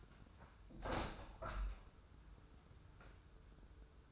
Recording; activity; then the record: daily activity, microphone in the room; open window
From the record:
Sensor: 2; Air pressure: 995.6 hPa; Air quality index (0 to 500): 98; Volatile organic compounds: 5 ppm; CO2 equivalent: 1826 ppm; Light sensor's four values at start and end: 24/77/30/29 and 25/78/31/30